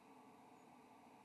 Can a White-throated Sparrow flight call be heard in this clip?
no